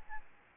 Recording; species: mosquito wingbeat signal from an infrared sensor; Aedes albopictus